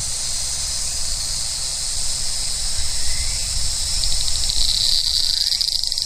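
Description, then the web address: Large brown cicada song: a continuous sizzling drone with steady bright buzz, a pulsed higher whine entering partway; low rumble underneath. "sikioto insect aburazemi"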